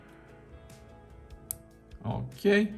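A microSD card is pressed into its slot on the SIM/SD tray of a Samsung Galaxy A34 or A54 phone, giving a sharp little click at 1.5 s that seats it. Afterward the card no longer falls out of the tray, and someone talks near the end.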